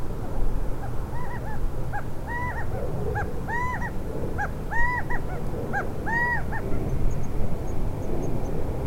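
Gambel's quail calling, a series of arched, harmonic notes repeated in short phrases, over steady low rumbling background noise.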